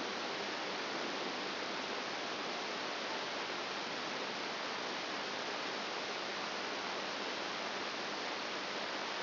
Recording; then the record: brain microelectrode recording played as sound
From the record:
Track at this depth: outside the subthalamic nucleus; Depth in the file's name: 0.104 mm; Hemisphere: right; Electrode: 2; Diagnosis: Parkinson's disease